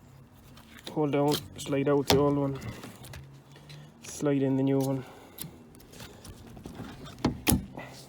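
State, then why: Seated. A new windscreen wiper blade is slid onto the wiper arm of a VW Golf MK7 and latched in place, after the old blade is slid out. Someone talks while small plastic handling rattles and taps are heard. A sharp plastic click at 7.5 s marks the blade seating into place.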